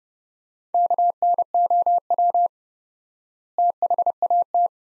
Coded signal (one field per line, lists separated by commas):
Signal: Morse code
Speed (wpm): 32 wpm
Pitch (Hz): 700 Hz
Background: none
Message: KNOW THAT